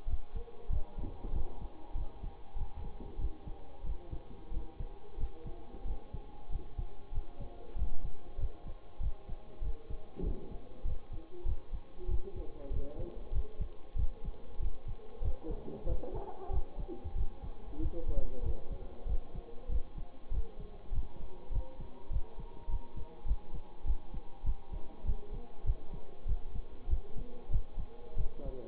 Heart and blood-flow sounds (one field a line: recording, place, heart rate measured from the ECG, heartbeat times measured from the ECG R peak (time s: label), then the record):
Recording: heart sounds by stethoscope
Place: between the tricuspid and mitral areas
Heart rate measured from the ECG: 96 bpm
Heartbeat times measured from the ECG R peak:
0.06 s: heartbeat
0.69 s: heartbeat
1.32 s: heartbeat
1.94 s: heartbeat
2.55 s: heartbeat
3.18 s: heartbeat
3.83 s: heartbeat
4.50 s: heartbeat
5.17 s: heartbeat
5.84 s: heartbeat
6.49 s: heartbeat
7.11 s: heartbeat
7.75 s: heartbeat
8.37 s: heartbeat
8.99 s: heartbeat
9.61 s: heartbeat
10.22 s: heartbeat
10.84 s: heartbeat
11.45 s: heartbeat
12.07 s: heartbeat
12.70 s: heartbeat
13.31 s: heartbeat
13.95 s: heartbeat
14.59 s: heartbeat
15.21 s: heartbeat
15.86 s: heartbeat
16.50 s: heartbeat
17.14 s: heartbeat
17.79 s: heartbeat
18.42 s: heartbeat
19.06 s: heartbeat
19.68 s: heartbeat
20.30 s: heartbeat
20.91 s: heartbeat
21.51 s: heartbeat
22.10 s: heartbeat
22.68 s: heartbeat
23.25 s: heartbeat
23.84 s: heartbeat
24.44 s: heartbeat
25.04 s: heartbeat
25.64 s: heartbeat
26.26 s: heartbeat
26.88 s: heartbeat
27.50 s: heartbeat
28.16 s: heartbeat
From the record:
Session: bicycle stress test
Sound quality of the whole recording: good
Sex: male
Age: 26 years